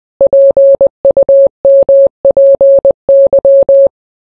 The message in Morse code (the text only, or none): PUMPY